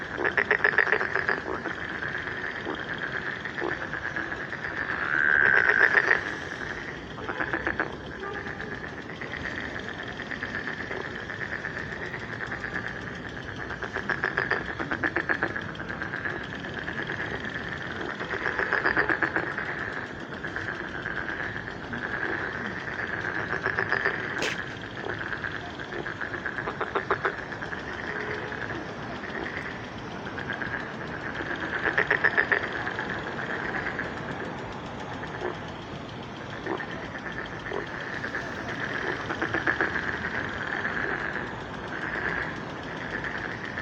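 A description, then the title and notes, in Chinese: Frogs call steadily across a spring evening pond, a dense, continuous chorus of bright croaks with a sharp click near twenty-five seconds. 春日晚塘蛙鸣。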